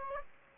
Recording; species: mosquito wingbeat signal from an infrared sensor; Aedes aegypti